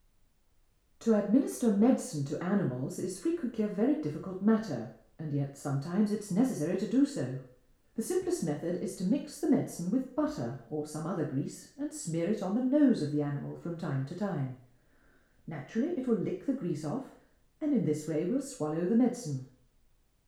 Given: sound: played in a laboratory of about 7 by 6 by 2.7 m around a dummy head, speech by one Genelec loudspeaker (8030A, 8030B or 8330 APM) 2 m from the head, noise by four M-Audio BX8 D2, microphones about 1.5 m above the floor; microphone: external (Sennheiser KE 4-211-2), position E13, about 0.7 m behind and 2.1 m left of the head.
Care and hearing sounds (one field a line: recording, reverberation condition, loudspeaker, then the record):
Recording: female speech in English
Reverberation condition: medium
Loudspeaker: 90 degrees to the left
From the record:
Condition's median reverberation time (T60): about 510 ms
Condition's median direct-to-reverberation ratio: about -0.5 dB